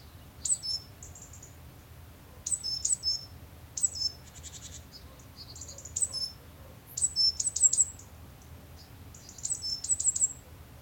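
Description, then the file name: Great tit calls: short, high-pitched chirping phrases given in scattered bursts, some notes doubled or tripled, over a faint low background hum. "Parus major"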